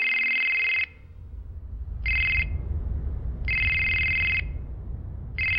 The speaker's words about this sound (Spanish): Pero cuando se disponía a salir, el teléfono volvió a sonar.